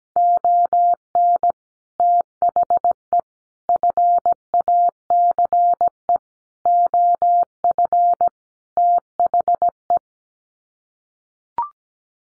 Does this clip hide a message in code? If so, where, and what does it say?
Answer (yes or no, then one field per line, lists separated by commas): yes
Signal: Morse code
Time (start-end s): 0.2-10.0 s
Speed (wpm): 17 wpm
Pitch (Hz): 700 Hz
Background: none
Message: ON THE FACE OF THE